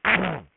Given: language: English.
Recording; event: throat vibration sensor signal played as sound; throat clearing